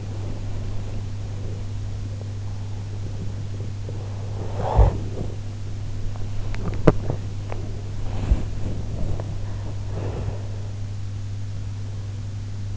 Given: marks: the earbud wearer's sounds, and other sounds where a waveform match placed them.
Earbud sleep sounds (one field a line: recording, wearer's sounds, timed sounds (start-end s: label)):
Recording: sounds in sleep by an in-ear microphone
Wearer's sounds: body movement, snoring breath, swallowing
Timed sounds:
0.00-12.77 s: body movement
4.24-5.57 s: snoring breath
6.21-7.64 s: swallowing